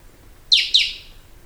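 A bird gives a quick double call, two bright notes each dropping sharply in pitch, a quarter second apart.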